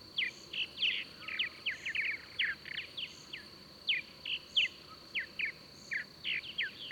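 Bird chirps, short and sharp, repeated in a quick, uneven series, faint high pulses ticking in the background.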